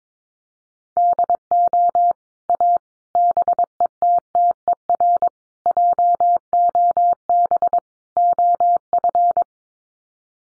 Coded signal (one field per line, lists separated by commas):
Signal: Morse code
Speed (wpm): 22 wpm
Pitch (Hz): 700 Hz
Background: none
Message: DO A BETTER JOB OF